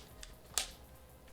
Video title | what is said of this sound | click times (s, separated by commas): IT'S FINALLY HERE!!! Switch 2 Unboxing and First Impressions | Very satisfying click. | 0.6 s